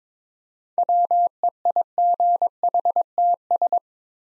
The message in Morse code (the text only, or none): WEIGHTS